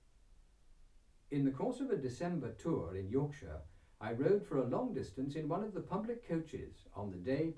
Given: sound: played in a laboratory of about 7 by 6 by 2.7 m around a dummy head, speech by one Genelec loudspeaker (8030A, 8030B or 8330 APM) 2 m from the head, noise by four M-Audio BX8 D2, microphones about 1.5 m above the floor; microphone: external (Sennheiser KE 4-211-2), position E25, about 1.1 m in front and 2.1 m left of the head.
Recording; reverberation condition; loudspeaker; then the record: male speech in English; low; 120 degrees to the right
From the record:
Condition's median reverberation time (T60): about 310 ms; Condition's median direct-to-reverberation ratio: about 3.5 dB